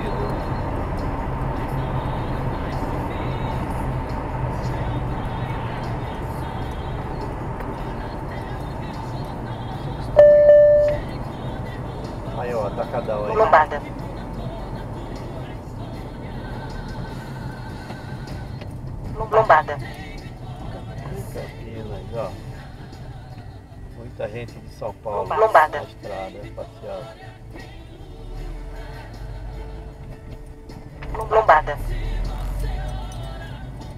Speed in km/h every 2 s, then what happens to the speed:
95, 89, 81, 70, 63, 57, 51, 44, 31, 25, 15, 9, 7, 10, 12, 22, 23.
0-21 brakes to 9. 25-30 speeds up to 22.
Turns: none.